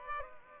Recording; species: mosquito wingbeat signal from an infrared sensor; Culex pipiens